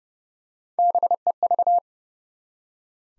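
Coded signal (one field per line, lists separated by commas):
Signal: Morse code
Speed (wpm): 30 wpm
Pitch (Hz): 700 Hz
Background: none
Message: BEV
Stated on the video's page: Head-copy drill of common three-letter-or-shorter US names sent at 30 wpm, each sent twice.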